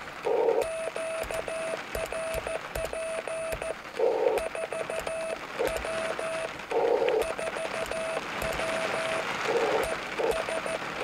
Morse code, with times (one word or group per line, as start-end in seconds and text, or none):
0.6-3.7 QRP
4.4-6.5 4W
7.2-9.2 4W
9.9-10.8 ES